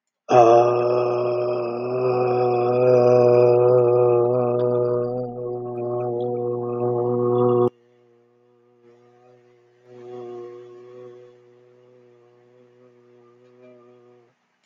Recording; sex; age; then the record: vowel held as long as possible; male; 50 to 59 years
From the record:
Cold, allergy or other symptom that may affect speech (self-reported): no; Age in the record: 57 years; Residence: Minnesota, United States